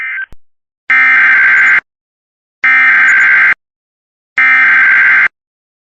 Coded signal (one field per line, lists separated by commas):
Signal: Emergency Alert System (SAME) tones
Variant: header bursts